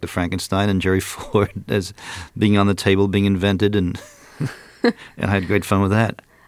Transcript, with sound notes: Frankenstein and Gerry Ford as being on the table, being invented.
(Laughter).
And I had great fun with that.